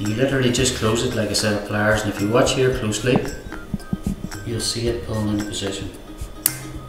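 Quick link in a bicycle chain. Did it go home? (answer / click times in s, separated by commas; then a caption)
yes / 6.5 s. A bicycle chain quick link is closed with quick-link pliers, which squeeze until its metal plates lock over the pins while someone talks over music. A sharp click at 6.5 seconds marks the link seating into place.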